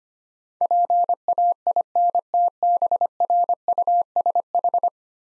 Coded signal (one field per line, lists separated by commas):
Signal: Morse code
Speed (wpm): 25 wpm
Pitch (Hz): 700 Hz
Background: none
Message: PAINTBRUSH